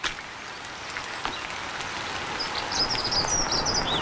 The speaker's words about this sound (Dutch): Dat is een hegemus die er doorheen gaat brabbelen. Ja. Oh, die zou hier misschien in het struikgewas zitten. Ja, die zijn ook een vroegere zanger inderdaad.